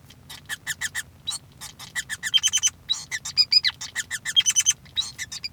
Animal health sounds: song of a male Bengalese finch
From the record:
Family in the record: son of father 5

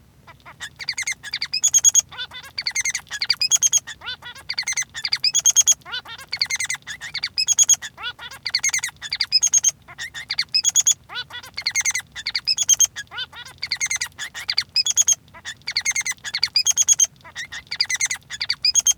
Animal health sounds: song of a male Bengalese finch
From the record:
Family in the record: son of father 3

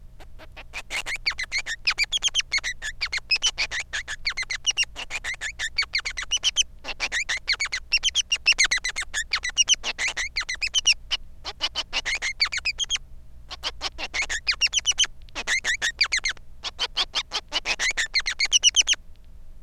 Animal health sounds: song of a male Bengalese finch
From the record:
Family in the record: son of father 3

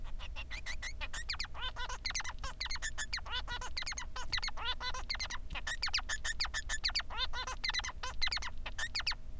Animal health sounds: song of a male Bengalese finch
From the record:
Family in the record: son of father 3

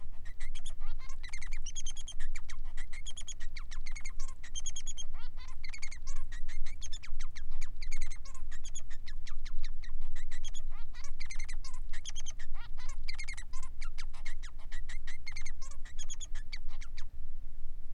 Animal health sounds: song of a male Bengalese finch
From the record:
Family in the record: son of father 3

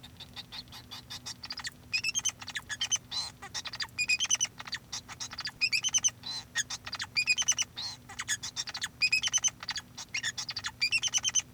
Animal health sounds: song of a male Bengalese finch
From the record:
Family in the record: son of father 2

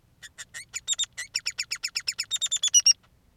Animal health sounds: song of a male Bengalese finch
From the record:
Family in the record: son of father 3

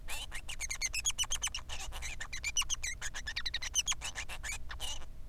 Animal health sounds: song of a male Bengalese finch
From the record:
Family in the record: son of father 3

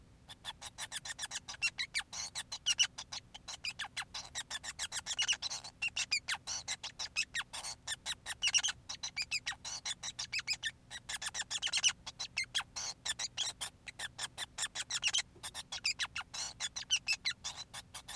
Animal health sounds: song of a male Bengalese finch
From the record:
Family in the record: son of father 5

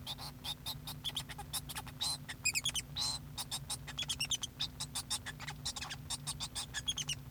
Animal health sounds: song of a male Bengalese finch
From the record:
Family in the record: son of father 2

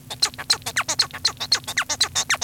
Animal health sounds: song of a male Bengalese finch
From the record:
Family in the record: son of father 1

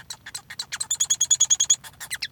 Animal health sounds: song of a male Bengalese finch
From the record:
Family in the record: son of father 1

